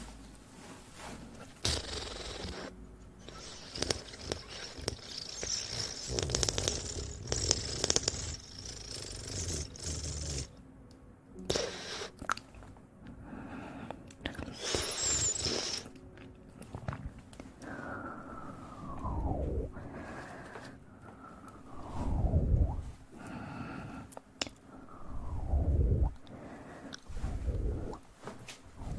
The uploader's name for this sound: eating sugar, aloe vera gel ear massage